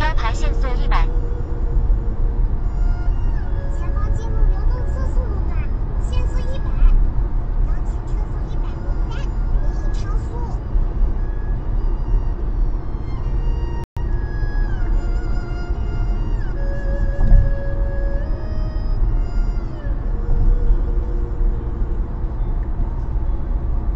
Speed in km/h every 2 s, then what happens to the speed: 96, 97, 100, 98, 97, 97, 96, 96, 93, 91, 92, 94.
0-24 steady at about 96.